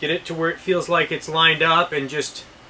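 A carbon fiber handguard for a VR80 is slid over the gas system toward the front of the rifle receiver, where it goes on as a snug friction fit. Someone talks while lining it up, with only faint handling noise under the voice. The clip ends before the handguard is pushed home, and nothing has seated or snapped yet.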